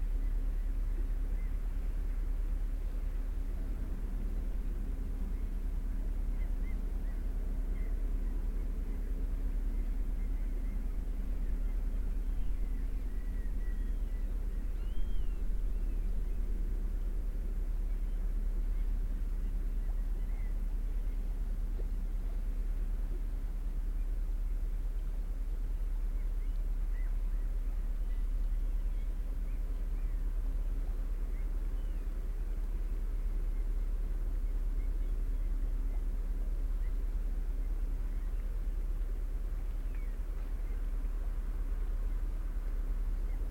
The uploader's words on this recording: Passing Ship. Recorded in a busy fjord with lots of traffic. What you hear is a large ship, passing slowly.